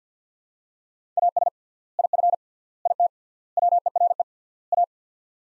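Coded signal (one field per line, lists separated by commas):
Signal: Morse code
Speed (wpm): 50 wpm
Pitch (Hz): 700 Hz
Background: none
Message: AS IF IT WERE A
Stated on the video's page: Morse practice drill of five-word sets at 50 wpm with 3x word spacing, a Farnsworth-like method, each set followed by speech.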